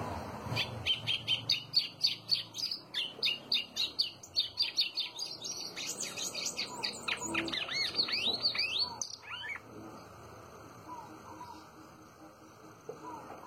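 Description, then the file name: White-throated seedeater in a long, varied song of quick chirps and slurred, sweeping notes lasting about nine seconds, then near quiet. "canto do golinho"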